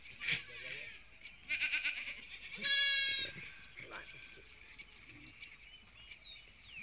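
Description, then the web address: Sheep bleating: a few harmonic-rich bleats in the first three seconds, the loudest near three seconds, then fainter sounds over a quiet background. On a farm. "KMP Film Video Sound Effects - Schapen - Boerderij"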